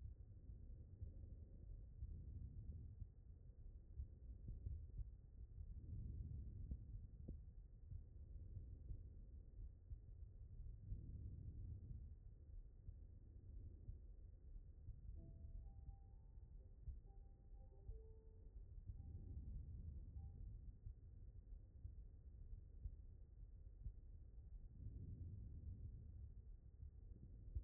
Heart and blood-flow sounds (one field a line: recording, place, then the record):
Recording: heart sounds by stethoscope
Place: aortic valve (AV)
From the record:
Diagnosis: non-HFrEF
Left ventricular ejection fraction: 52%